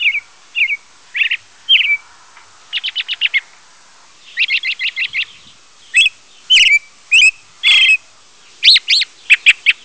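Robin calls: a varied mix of high chirps, sharp downslurred notes and quick stuttering series of clipped notes, coming in bursts with short pauses between.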